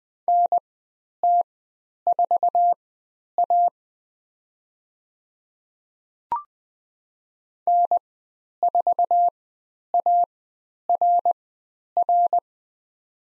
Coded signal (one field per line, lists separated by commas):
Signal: Morse code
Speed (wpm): 20 wpm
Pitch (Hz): 700 Hz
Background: none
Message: NT4A N4ARR